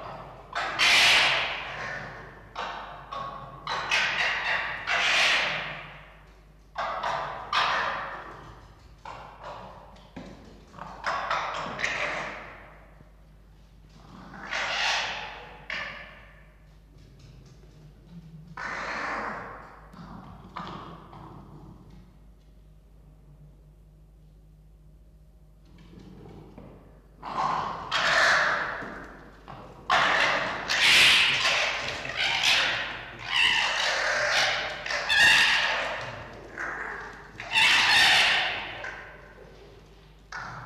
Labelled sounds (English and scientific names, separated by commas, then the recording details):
Red Fox (Vulpes vulpes)
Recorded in captivity
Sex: pair
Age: adult
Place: Zoologisches Institut der HUB, Berlin, DE
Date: 1953-02-12 17:45
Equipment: Elmetra
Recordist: Tembrock, Günter
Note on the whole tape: Fiffi: "Sprödigkeit"; Jupp: Muffen ohne Fleisch während des Aufreitens und des Analleckens bei Fiffi